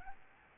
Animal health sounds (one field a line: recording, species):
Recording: mosquito wingbeat signal from an infrared sensor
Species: Aedes albopictus